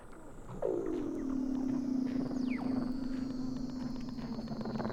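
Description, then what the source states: Weddell seal underwater call: a low pulsed tone that swoops down then holds steady for several seconds, with a quick falling chirp above. Weddell seals recorded underwater by Douglas Quin.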